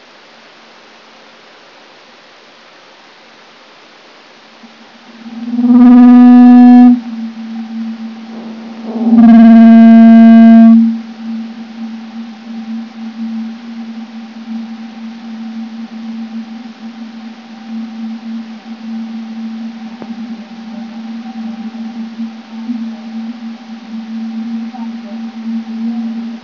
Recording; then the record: brain microelectrode recording played as sound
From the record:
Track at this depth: inside the subthalamic nucleus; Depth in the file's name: 2.149 mm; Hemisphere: right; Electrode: 3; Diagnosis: Parkinson's disease